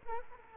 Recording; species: mosquito wingbeat signal from an infrared sensor; Culex quinquefasciatus